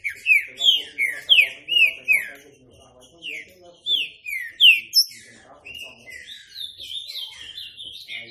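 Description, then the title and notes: Green-winged saltator singing rich whistled notes that slide downward, given in rapid runs, then a softer, warbling stretch of higher notes toward the end. Classic-style song (canto clássico) used for training (treinamento). "Canto Clássico Trinca Ferro TREINAMENTO. trinca fero"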